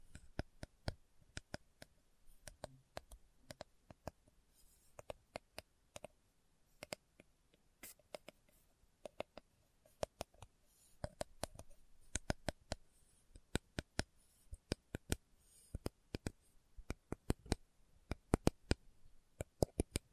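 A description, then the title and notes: Slow tapping made of short, sharp taps, each a crisp click with a bright edge. They come unevenly, about two to four a second, sometimes in quick pairs or small clusters, with brief pauses between. The background stays quiet, with only a faint low hiss. ASMR Slow Tapping for Deep Sleep (No Talking).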